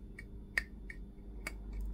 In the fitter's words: can't even see what I'm doing now until it clicks in